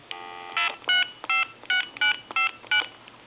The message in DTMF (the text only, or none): 356959